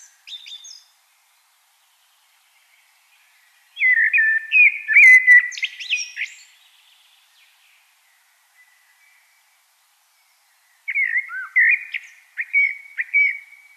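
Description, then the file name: Common blackbird song in bursts: a brief opening, then a long mellow warble with a shrill twittering tail, a pause, and another fluted phrase. "Turdus merula"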